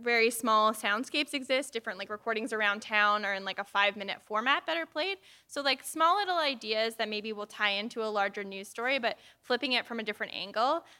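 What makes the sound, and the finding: Adult woman speaking. Normal speech.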